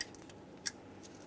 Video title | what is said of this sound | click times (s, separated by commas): How to Replace Alternator 2008-2010 Ford F-250 Super Duty 5.4L V8 | make sure they actually click into place and then the main | 0.7 s